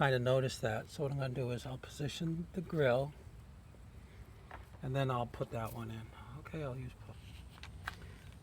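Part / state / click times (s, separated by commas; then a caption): plastic push-pin fastener into car cowl grille / seated / 7.9 s. A plastic push-pin fastener is pressed in by hand to hold the plastic cowl grille on a 2008 Toyota Corolla during a windshield washer motor replacement. Someone talks while positioning the grille, then small clicks lead to a sharp snap at 7.9 s. The grille and pin are snapped back in place.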